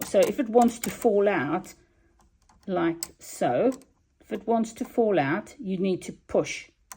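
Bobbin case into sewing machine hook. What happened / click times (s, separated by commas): The part is being handled and has not yet clicked home / none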